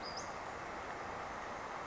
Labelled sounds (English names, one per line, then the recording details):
Western Flycatcher
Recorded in Sonoma County, California